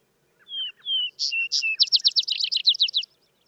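Vesper sparrow song: two clear, slightly falling whistles, two brighter higher notes, then a fast buzzy trill of descending slurred notes lasting over a second.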